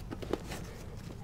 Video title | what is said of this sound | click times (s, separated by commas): 2006-2008 Dodge Ram truck lower seat cushion and cover replacement | down at the same time till it snaps now that one's secured and we're going to work our way around the perimeter now | 0.3 s